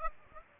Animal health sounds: mosquito wingbeat signal from an infrared sensor; Aedes aegypti

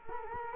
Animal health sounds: mosquito wingbeat signal from an infrared sensor; Culex quinquefasciatus

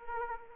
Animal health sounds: mosquito wingbeat signal from an infrared sensor; Anopheles arabiensis

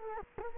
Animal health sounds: mosquito wingbeat signal from an infrared sensor; Culex quinquefasciatus

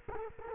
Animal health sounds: mosquito wingbeat signal from an infrared sensor; Culex quinquefasciatus

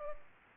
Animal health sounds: mosquito wingbeat signal from an infrared sensor; Culex pipiens

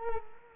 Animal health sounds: mosquito wingbeat signal from an infrared sensor; Culex quinquefasciatus

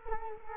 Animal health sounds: mosquito wingbeat signal from an infrared sensor; Culex quinquefasciatus

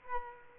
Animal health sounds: mosquito wingbeat signal from an infrared sensor; Culex quinquefasciatus

